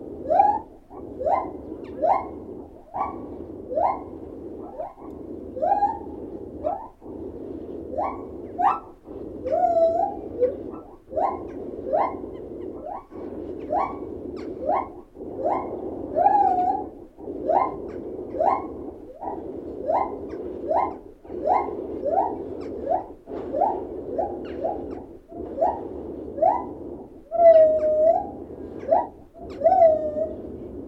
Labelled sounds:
Lar Gibbon

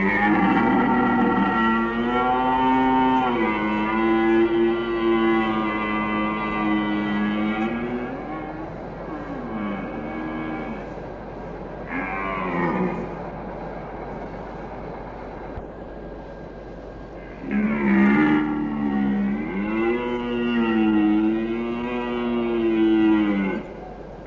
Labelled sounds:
Red Deer courtship call

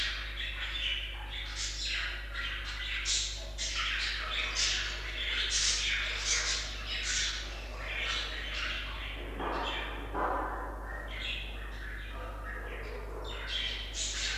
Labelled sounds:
Budgerigar call

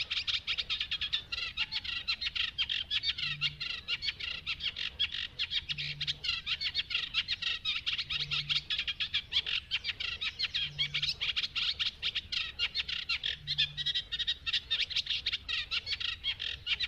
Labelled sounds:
Eurasian Reed Warbler

